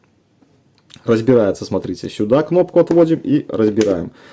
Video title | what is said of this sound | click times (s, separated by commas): Аккумуляторный краскораспылитель пульверизатор HEIMERDINGER LB113 побелка сада. | характерный щелчок указывает на то | 0.9 s